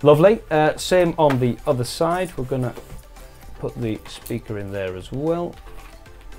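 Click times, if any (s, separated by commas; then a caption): none. An intercom speaker is being handled for fitting into the speaker pocket on the second side of a motorcycle helmet, while someone talks and music plays. Nothing has seated or clicked yet by the end of the clip.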